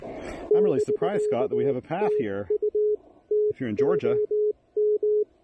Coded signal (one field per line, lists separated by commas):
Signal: Morse code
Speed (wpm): 20 wpm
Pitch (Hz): 420 Hz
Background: speech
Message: <BK>TU TOM